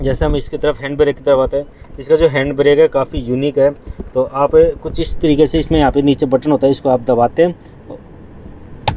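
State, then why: Released. A man talks while pressing the button under the handbrake lever in the centre console of a Tata Harrier SUV to free the handbrake and lower it. A sharp click is heard at 8.9 s as the lever is released.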